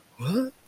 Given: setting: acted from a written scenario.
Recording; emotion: vocal sound without words; confusion